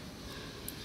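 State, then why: Seated. A SIM card with its PIN code removed is pushed chip-side in, by finger or with tweezers, into the spring-loaded card slot of a Ys-12v4g Camhi SIM-card speed dome IP camera. Over a steady background hiss, a single short, sharp click comes at 0.7 s, and the card is seated.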